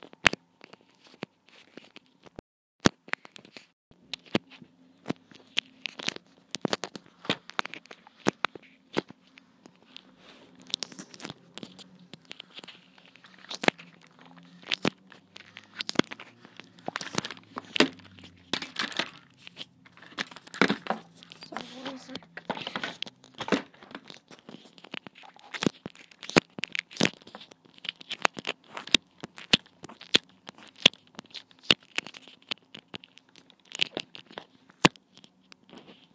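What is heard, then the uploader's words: Long nails tap and scratch on a mic dipped in squelchy slime and blu tack, with sharp clicks and crinkles thickest midway over a low hum. Mic noises with long nails, Mike dipped in squelchy tore out slime and blu tack and other noise.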